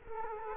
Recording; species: mosquito wingbeat signal from an infrared sensor; Culex quinquefasciatus